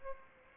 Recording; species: mosquito wingbeat signal from an infrared sensor; Aedes aegypti